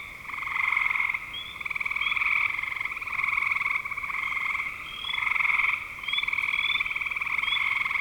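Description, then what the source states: Frog chorus: buzzy pulsed trills in short bursts, with short upslurred chirps above. Frogs calling in spring 2025.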